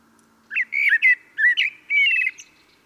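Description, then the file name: Common blackbird with a short burst of warbling notes in several quick pieces, slurred and slightly scratchy. "Turdus merula"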